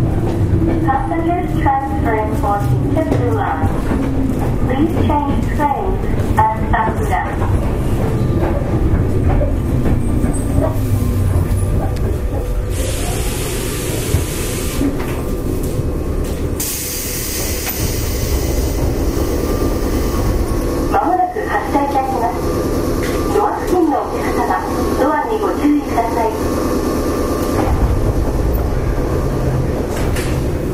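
A JR West 105 series train runs with a steady low rumble and rail clatter, while voices talk over it throughout, louder near the start and end.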